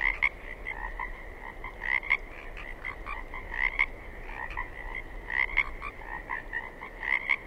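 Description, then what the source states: Pacific chorus frogs calling, raspy two-part croaks repeated by several frogs, backed by a steady high chorus drone. Several Pacific chorus frogs recorded 27 May 2006 at 21:20.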